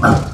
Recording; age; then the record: pig call; growing-finishing pig (85 days or more)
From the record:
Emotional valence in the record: positive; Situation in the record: run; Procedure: transit